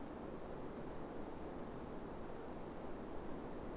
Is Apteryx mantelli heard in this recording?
no